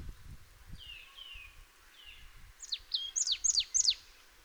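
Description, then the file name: Marsh tit calling: soft falling whistles at first, then a quick run of sharp, downward-slurred notes alternating with short level tones. "Poecile palustris"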